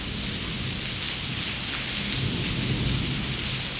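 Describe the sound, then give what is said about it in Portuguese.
Heavy rain pours down in a steady, dense hiss, with a deep rumble of thunder rolling underneath. The downpour stays constant and loud throughout, and no voices are present. “Tá bem forte a chuva, inclusive.”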